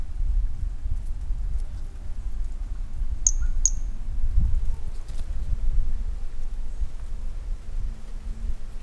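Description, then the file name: Brachycephalus mirissimus calling: a pair of brief, piercing high notes spaced under half a second apart, set against steady low-frequency background rumble. A single individual recorded on 18 January 2018; the specimen was collected. "Brachycephalus mirissimus 18 jan 18 individual."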